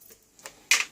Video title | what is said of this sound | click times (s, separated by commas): Silvecrest Food Processor Lidl - Shred Slice & Grate | one more left, and clicked | 0.7 s